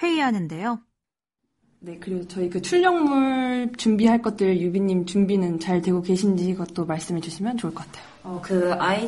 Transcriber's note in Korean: 녹취: 회의 현장음